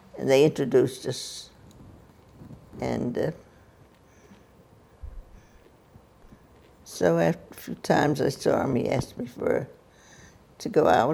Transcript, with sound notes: they introduced us and uh [long pause] so after a few times I saw him he asked me for -- to go out.